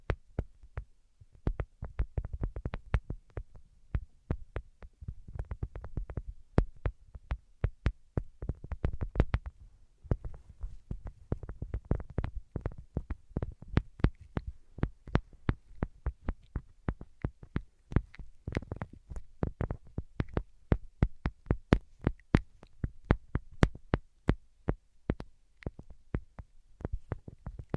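Tapping sounds, sharp and dry, come in quick irregular bursts throughout, sometimes clustered into fast rolls and sometimes spaced apart. Some taps are crisp and bright while others carry a soft low thump, and a faint hush sits underneath.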